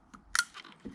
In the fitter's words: just clicks into place you'll hear that click there